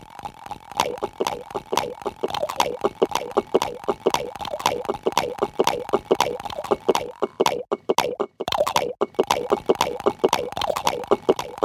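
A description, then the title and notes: A hollow plastic ball rattles and bounces inside a glass, tapping rapidly and unevenly, several hits each second. Each strike leaves a thin, steady ring from the glass. Near the middle the tapping briefly thins and breaks off before resuming at the same busy pace. A hollow plastic ball twisting and bouncing, itself not much smaller than the diameter of the three different glasses surrounding it - so playing with damping results in an almost vowel-like sound. Plastic ball in glass.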